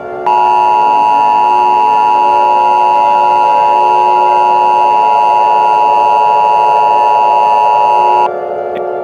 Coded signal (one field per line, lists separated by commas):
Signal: Emergency Alert System (SAME) tones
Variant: 853 and 960 Hz attention tone